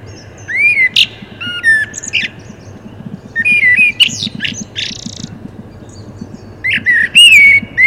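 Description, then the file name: Common blackbird song: three phrases of mellow fluted whistles sliding up and down, each ending in thin high squeaky twitters. "Turdus merula"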